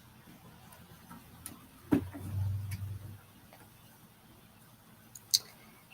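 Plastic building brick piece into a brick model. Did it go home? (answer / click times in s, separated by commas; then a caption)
no / none. A plastic building brick piece is pressed onto a brick model several times, making soft ticks and taps, a duller knock with a low rumble around 1.9 to 3.1 seconds, and a sharp tick near 5.4 seconds. The piece never snaps into place; nothing has seated or clicked yet.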